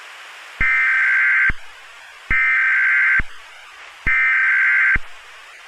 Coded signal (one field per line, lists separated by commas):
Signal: Emergency Alert System (SAME) tones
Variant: header bursts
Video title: THE WARDEN - EAS SCENARIO / ANALOG HORROR